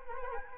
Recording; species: mosquito wingbeat signal from an infrared sensor; Anopheles arabiensis